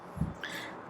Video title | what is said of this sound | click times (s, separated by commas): How to Properly Store, Clean & Charge Your RV Batteries | it'll snap right in place. | 0.4 s